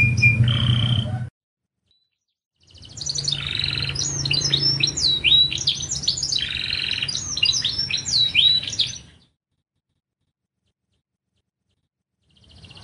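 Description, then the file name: Lancashire canary song in bursts: a short buzzy phrase, a pause of over a second, then about six seconds of fast trills, rolls and sweeping whistles before silence. "kenari lancashire"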